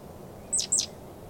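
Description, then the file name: Great tit calls as two quick, thin, high notes that sweep downward, over a steady low hiss. "Parus major"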